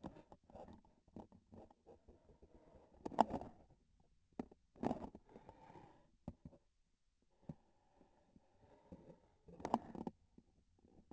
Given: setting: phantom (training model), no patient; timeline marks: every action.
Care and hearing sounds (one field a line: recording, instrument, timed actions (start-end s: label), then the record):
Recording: laparoscopic instrument, vibration sensor on the handle end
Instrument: grasping forceps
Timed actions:
2.92-3.81 s: grasping tissue
4.66-5.29 s: releasing tissue
9.42-10.21 s: grasping tissue
From the record:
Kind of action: gesture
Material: synthetic tissue